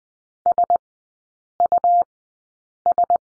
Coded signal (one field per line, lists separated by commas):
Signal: Morse code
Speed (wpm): 20 wpm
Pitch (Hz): 700 Hz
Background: none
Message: SUS